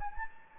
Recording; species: mosquito wingbeat signal from an infrared sensor; Anopheles gambiae